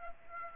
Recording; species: mosquito wingbeat signal from an infrared sensor; Aedes aegypti